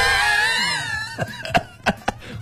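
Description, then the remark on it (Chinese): A person imitates the panting breath of an orange tabby cat, heard at night while its owners sleep: a drawn-out, wavering voiced moan, then four quick, breathy huffs in an uneven rhythm, moderately loud with no words. “说他们家橘猫呢，偶尔半夜的时候，在他们睡觉的时候会听见喘息的声音。”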